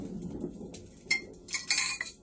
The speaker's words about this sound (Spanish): Vamos a abrir el frasco. Me encanta el aroma del café, mira.